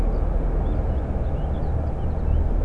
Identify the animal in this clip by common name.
Eurasian Blackcap